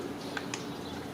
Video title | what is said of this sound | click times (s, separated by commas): CHEVROLET CRUZE IGNITION COILS. COIL REPLACEMENT AND REMOVAL. CHEVROLET SONIC IGNITION COIL | okay, all the way in until it clicks, | 0.4 s, 0.5 s